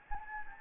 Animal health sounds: mosquito wingbeat signal from an infrared sensor; Anopheles gambiae

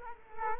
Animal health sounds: mosquito wingbeat signal from an infrared sensor; Culex quinquefasciatus

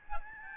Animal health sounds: mosquito wingbeat signal from an infrared sensor; Aedes albopictus

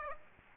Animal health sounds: mosquito wingbeat signal from an infrared sensor; Aedes aegypti

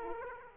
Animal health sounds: mosquito wingbeat signal from an infrared sensor; Aedes aegypti

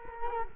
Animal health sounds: mosquito wingbeat signal from an infrared sensor; Culex quinquefasciatus

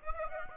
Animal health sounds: mosquito wingbeat signal from an infrared sensor; Aedes aegypti

